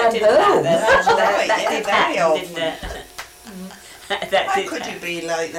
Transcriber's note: giggles